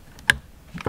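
During a Nardi steering wheel install on a 1992 Lexus SC400/SC300, a white-wire plug is pushed into its mating socket on the steering wheel harness connector. A loud, sharp click at 0.3 s marks the connector seating, followed by fainter handling knocks near 0.8–0.9 s. The connector is confirmed clicked in and seated.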